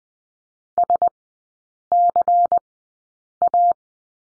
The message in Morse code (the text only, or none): SCA